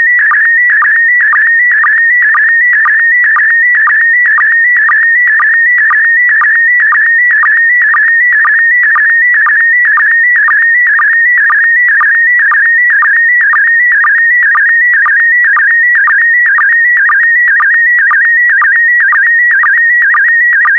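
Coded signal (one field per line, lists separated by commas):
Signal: SSTV (slow-scan television)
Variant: PD120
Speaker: transmission complete you can now check your decoded image against the picture that is shown on the video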